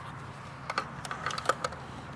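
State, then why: Seated. A plastic accessory shelf is fitted onto the metal bar of a fishing rod pod, giving a burst of sharp plastic clicks. The loudest clicks come at 0.8 s and 1.5 s, and the shelf clips securely onto the pod.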